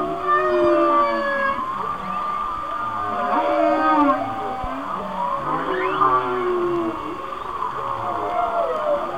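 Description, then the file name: Whale song with looping harmonic calls that rise and fall, quick upward sweeps and low grunting units beneath, continuous throughout. "Whale Songs- Mike Mc Donald"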